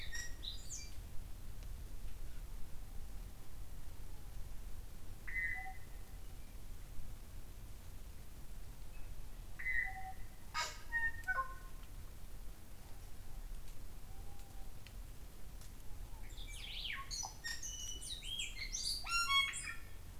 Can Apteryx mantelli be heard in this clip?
no